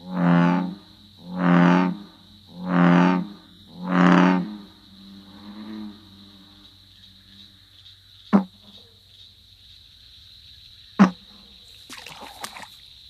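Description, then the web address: American bullfrog giving four deep, resonant croaks in a steady series, then a fainter one; a couple of sharp clicks and faint rustles follow. North America. "Songs of Frogs Toads of North America. Bullfrog"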